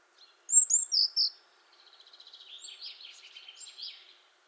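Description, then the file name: Eurasian blue tit gives two high piercing notes and a fast string of lower notes, then a softer buzzy, scolding churr runs on for about two seconds. "Cyanistes caeruleus"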